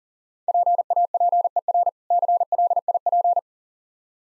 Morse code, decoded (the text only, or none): PAPER CLIP